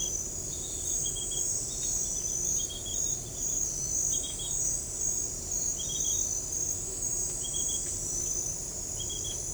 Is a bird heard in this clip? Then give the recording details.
no. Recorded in forest near Pivijay, Magdalena, Colombia, on 2 June 2023 at 00:30. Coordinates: 10.467, -74.380. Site Z5-G034